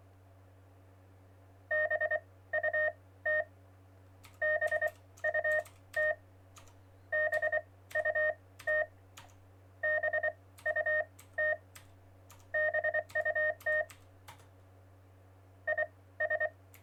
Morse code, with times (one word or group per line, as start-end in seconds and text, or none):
1.7-3.4 BUT
4.4-6.1 BUT
7.1-8.8 BUT
9.8-11.5 BUT
12.5-13.8 BUT
15.7-16.5 IS